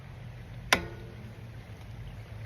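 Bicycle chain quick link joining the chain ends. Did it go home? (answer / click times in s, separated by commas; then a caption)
yes / 0.7 s. A metal quick link joining the ends of a bicycle chain snaps into place at 0.7 s as, with the brakes held, a foot steps down on the pedal and chain tension pulls the link closed. The result is a single sharp, bright metallic click over a low background hum. The link is seated and the chain is ready to ride.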